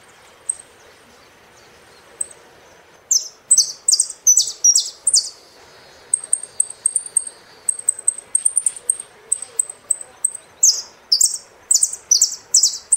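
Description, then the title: Saffron finch song: scattered thin chirps, then repeated bursts of loud, sharp, falling notes mixed with rapid high twitters, building to a busy, continuous series. "Jilguero Argentino"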